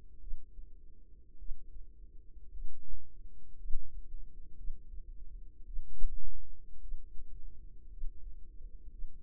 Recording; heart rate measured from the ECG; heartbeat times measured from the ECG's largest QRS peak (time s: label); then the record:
heart sounds by microphone in the right ear; 55 bpm
0.19 s: heartbeat
1.37 s: heartbeat
2.49 s: heartbeat
3.55 s: heartbeat
4.55 s: heartbeat
5.64 s: heartbeat
6.79 s: heartbeat
7.88 s: heartbeat
8.89 s: heartbeat
From the record:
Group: healthy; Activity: rest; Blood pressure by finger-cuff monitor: 87/58 mmHg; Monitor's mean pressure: 67 mmHg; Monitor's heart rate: 55 bpm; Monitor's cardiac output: 4.3 L/min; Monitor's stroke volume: 77 mL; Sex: female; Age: 36 years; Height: 163 cm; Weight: 88 kg